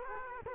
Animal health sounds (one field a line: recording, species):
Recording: mosquito wingbeat signal from an infrared sensor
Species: Culex quinquefasciatus